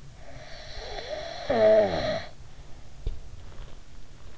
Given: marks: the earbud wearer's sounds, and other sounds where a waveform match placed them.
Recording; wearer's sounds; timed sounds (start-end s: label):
sounds in sleep by an in-ear microphone; snoring breath
0.06-3.84 s: snoring breath